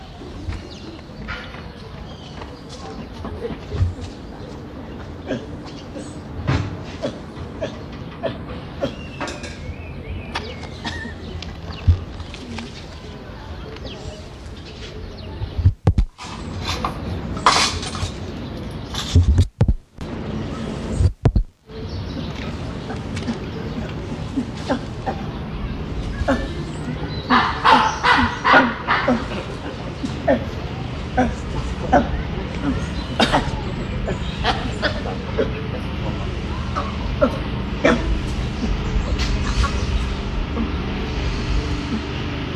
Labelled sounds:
Chimpanzee
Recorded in captivity
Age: adult
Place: Zoo Halle, Sachsen-Anhalt, DE
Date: 1977-10-13 12:20
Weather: sonnig, ca, 18°C
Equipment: Nagra SN, Kopie Uher 4000 Report Monitor
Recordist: Tembrock, Günter

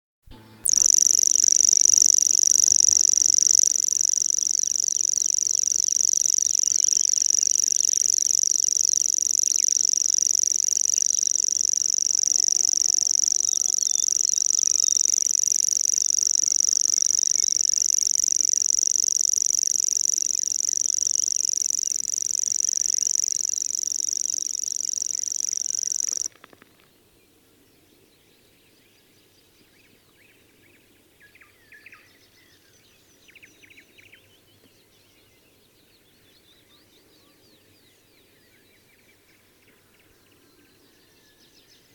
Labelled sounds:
Common Grasshopper Warbler song
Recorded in the wild
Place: Lewitzrand, Insel Rügen, Mecklenburg-Vorpommern, DE
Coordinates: 53.456, 11.699
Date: 1977-05-22
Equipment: Nagra III BH, Sennheiser MD 21, parabola
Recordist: Schubert, Michael
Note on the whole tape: Gesang Feldschwirl

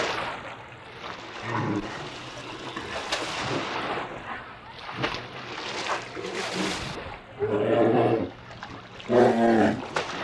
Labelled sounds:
Brown Bear
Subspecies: middendorffi
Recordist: Tembrock, Günter

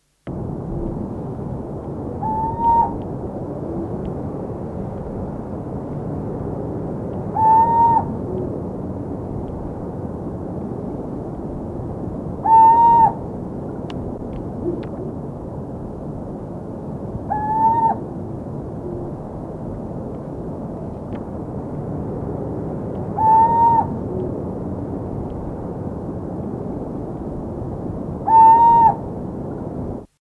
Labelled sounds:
Burrowing Owl call
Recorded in captivity
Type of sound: call
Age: adult
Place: Vogelpark Bad Schwartau, Schleswig-Holstein, DE
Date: 1982-12-02
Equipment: Halbspur, 9,5 cm/s
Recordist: Lütgens, Hans
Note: Rufe

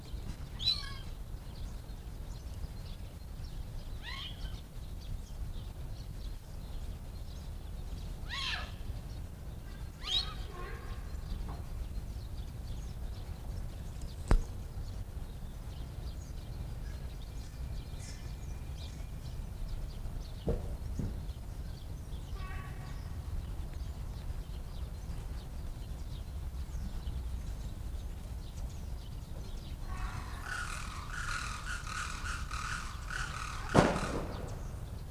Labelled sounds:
Chital call
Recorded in captivity
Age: juvenile
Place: Zoo Berlin, Berlin, DE
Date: 1959-03-04 16:00
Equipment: Reporter (Vollspur)
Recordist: Tembrock, Günter
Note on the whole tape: Einjähriger: Rufe. Abstand: 15 m

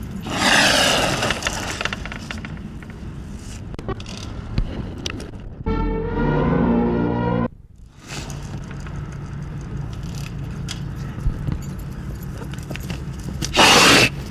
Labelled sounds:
Southern Cassowary aggressive call
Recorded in captivity
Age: adult
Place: Zoopark Erfurt, Thüringen, DE
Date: 1968-10-10
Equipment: Uher 4000 Report-S, Sennheiser MD 421
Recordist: Tembrock, Günter

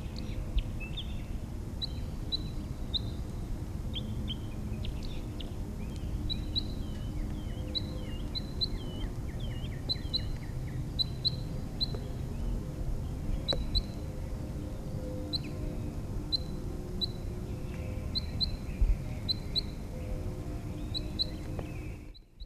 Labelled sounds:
Red Crossbill
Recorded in the wild
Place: Garmisch-Partenkirchen, Bayern, DE
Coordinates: 47.4975, 11.1303
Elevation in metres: 1043
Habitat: mountains
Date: 1980-03-29
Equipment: Uher 4000 Report, Sennheiser MKH 815 T
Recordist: Tretzel, Erwin

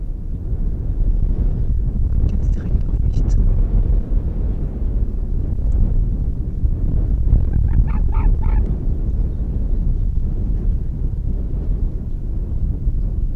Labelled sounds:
Arctic Fox
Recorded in the wild
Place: Insel Mednyi, Kommandeur-Inseln, RU
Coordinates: 54.5167, 168.083
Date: 1999-06-23 17:50
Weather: 6°C, bewölkt, Westwind
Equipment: Sony WM-D6C, Sennheiser ME 80, K 30 AV, Windkorb, Kopie Sony TCD-D8
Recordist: Jakupi, Antje
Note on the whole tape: Südosten der Insel, Hüttental: Bellstrophen vom Berggrat aus Richtung West/Nordwest. Tier im Nebel nicht identifiziert, läuft ca. 40 m am Beobachter vorbei. 13 Bellstrophen und zwei Antwortbellen

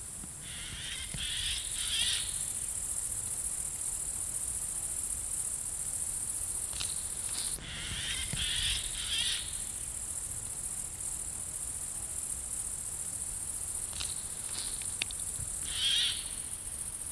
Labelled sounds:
Eurasian Jay call
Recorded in the wild
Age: adult
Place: Treuchtlingen, Heumöderntal, Bayern, DE
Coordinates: 48.96, 10.91
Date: 1993-09-07
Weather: 20 °C, wolkig
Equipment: Marantz CP 430, Sennheiser MKH 416 T, Kopie Uher Variocord 263
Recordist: Tembrock, Günter

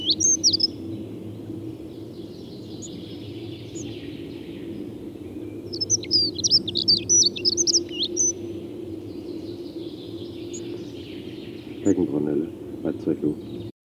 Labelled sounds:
Dunnock song
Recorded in the wild
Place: Rheinsberg, Insel Rügen, Mecklenburg-Vorpommern, DE
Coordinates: 53.407, 13.163
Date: 1980-04-12
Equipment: Nagra III BH, Sennheiser MD 21, parabola
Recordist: Schubert, Michael
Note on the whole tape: Gesang Heckenbraunelle

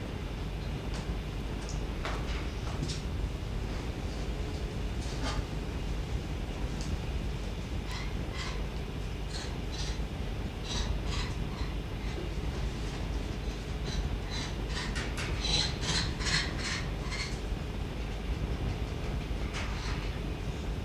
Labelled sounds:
Rhesus Monkey
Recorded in captivity
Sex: female
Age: adult
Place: Zoologisches Institut der HUB, Berlin, DE
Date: 1957-03-27 11:00
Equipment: Elmetra
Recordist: Tembrock, Günter

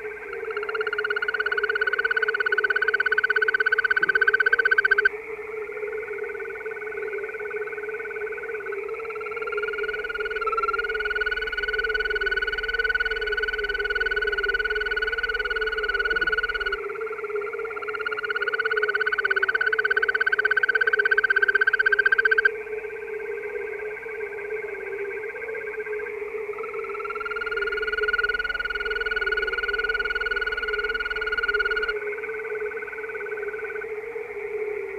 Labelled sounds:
Green Toad call
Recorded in the wild
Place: Darscho-Lacke, AT
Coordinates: 47.7736, 16.8428
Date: 1972-05-07
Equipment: Uher Report 4200, AKG D190C in Doppel-Parabolreflektor
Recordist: Krey, Winfried

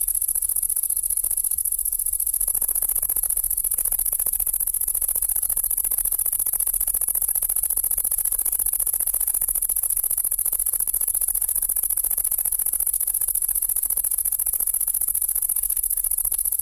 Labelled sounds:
Great Green Bush-cricket stridulation
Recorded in the wild
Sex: male
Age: imago
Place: Schildow, Kalktuffgelände am Tegeler Fließ (NSG Schildow), Berlin, DE
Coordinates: 52.64, 13.39
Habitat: Fließtal
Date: 1997-08-03 16:41
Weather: 24°C, bedeckt
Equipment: Sony MD-WM MZ-R3, Sennheiser ME 80, K 30 AV, Kopie Uher 4000 Report Monitor
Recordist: Tembrock, Günter

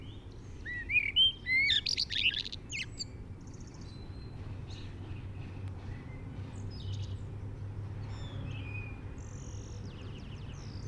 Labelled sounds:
Common Blackbird song
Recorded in the wild
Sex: male
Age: adult
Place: Garmisch-Partenkirchen, Bayern, DE
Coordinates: 47.5039, 11.0858
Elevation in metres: 691
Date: 1975-03-05
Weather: Sonne, warme Temperaturen
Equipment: Nagra IV, Sennheiser MKH 405, Parabolreflektor
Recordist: Tretzel, Erwin
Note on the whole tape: Gesang mit "tonalem" Dialektmotiv

